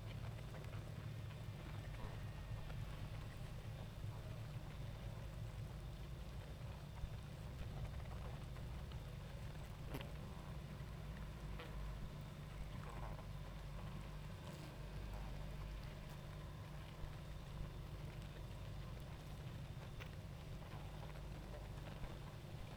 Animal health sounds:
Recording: honeybee colony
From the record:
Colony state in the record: active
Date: 28 July 2017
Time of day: 19:58

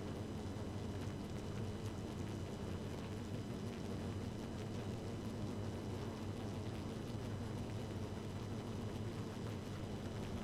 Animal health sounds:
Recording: honeybee colony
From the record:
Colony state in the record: active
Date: 12 June 2018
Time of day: 0:01

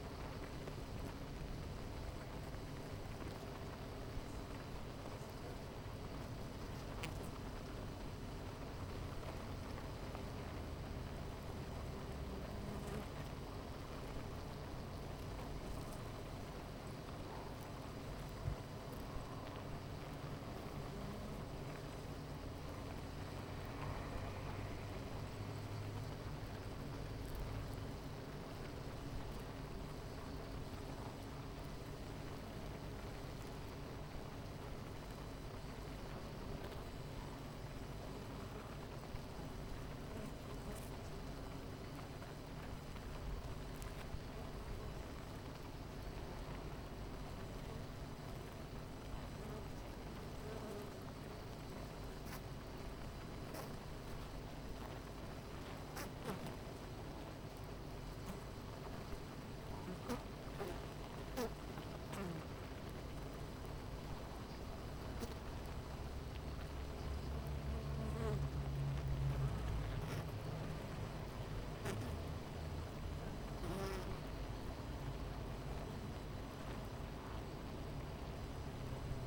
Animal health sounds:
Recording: honeybee colony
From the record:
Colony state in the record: missing queen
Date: 14 July 2017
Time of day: 9:33

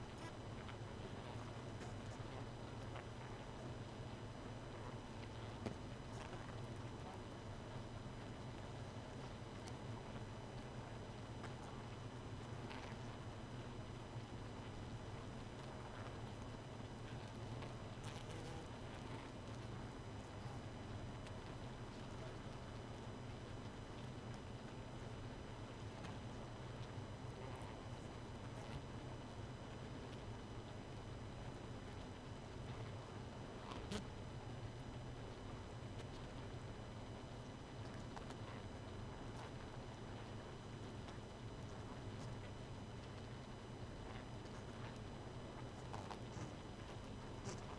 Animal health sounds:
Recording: honeybee colony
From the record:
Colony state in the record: missing queen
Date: 31 May 2018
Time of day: 1:55

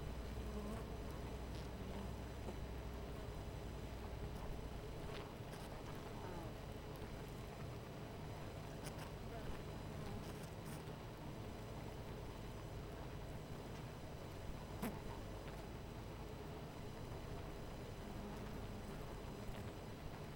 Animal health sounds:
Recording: honeybee colony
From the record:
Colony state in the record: missing queen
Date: 14 July 2017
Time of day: 12:37

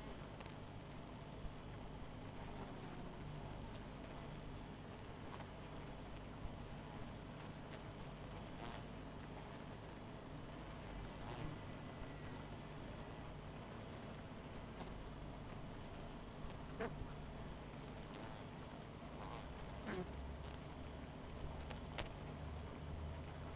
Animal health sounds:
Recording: honeybee colony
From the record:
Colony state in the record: missing queen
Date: 14 July 2017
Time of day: 21:02

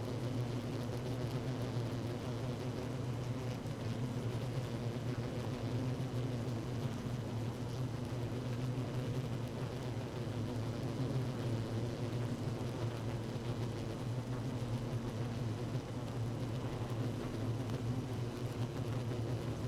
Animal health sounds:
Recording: honeybee colony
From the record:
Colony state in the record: active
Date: 12 June 2018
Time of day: 16:49

